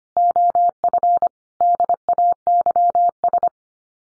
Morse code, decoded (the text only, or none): OF DAYS